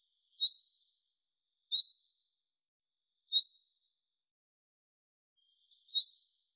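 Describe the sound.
Bird calls: four short, high chirps with a slight trailing tail, spaced a few seconds apart in silence.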